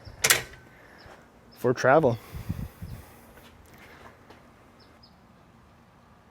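A loaded TANX 2 hitch bike rack is pulled by its pivot handle and swung up into its upright travel position on the hitch mount, latching with a loud metallic clunk at 0.3 s. Someone then talks over quiet background noise, and the rack stays locked upright.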